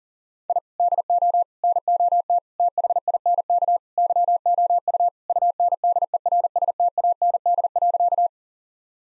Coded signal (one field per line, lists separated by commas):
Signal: Morse code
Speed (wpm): 40 wpm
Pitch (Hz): 700 Hz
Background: none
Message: I DO NOT THINK YOU UNDERSTAND.